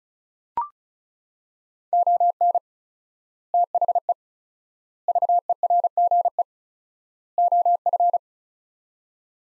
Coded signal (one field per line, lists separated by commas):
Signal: Morse code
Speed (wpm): 36 wpm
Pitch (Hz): 700 Hz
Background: none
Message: ON THE VERGE OF